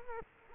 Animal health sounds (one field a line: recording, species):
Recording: mosquito wingbeat signal from an infrared sensor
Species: Culex quinquefasciatus